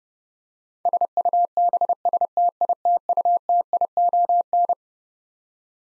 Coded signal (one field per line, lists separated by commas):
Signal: Morse code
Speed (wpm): 30 wpm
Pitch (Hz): 700 Hz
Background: none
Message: SUBSTITUTION